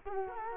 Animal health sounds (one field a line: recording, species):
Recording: mosquito wingbeat signal from an infrared sensor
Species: Culex quinquefasciatus